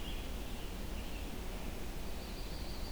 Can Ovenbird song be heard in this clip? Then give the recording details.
no. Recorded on 23 June 2016 at 08:56. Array SBT-6-76